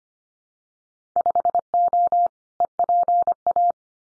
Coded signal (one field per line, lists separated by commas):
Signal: Morse code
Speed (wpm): 25 wpm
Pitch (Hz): 700 Hz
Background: none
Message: 5O EPA